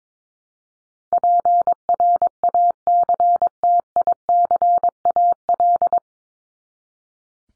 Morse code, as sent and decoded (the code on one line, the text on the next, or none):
.--. .-. .- -.-. - .. -.-. .- .-..
PRACTICAL